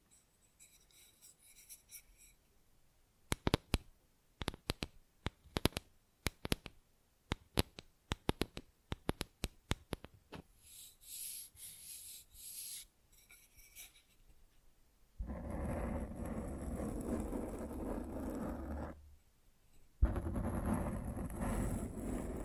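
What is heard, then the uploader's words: Scratching and tapping against a microphone, starting with a faint rasp, then a quick run of sharp clicks from about 3 to 10 seconds. From 15 seconds a loud, rough rubbing noise takes over. It breaks off briefly near 19 seconds and resumes at 20. ASMR Fall Asleep to Mic Scratching. No Talking.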